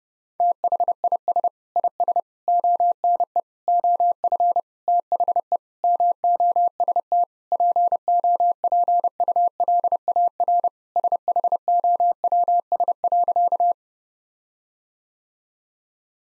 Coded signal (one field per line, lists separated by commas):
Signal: Morse code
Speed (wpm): 30 wpm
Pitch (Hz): 700 Hz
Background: none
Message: THIS IS ONE OF THE MOST POPULAR SHOWS.